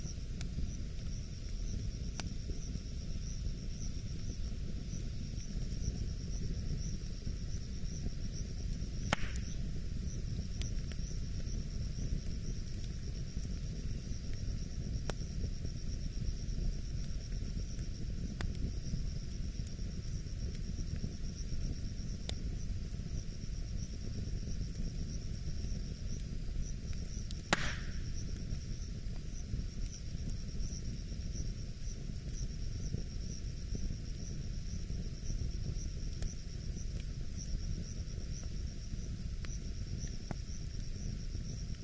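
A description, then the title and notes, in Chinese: A forest ambience under a steady low rumble, with a thin, continuous high whine, like insects, running throughout. Sparse sharp crackles or pops break in now and then, the two most distinct near 9 and 27 seconds. 林薮呖呖·南离篝焰。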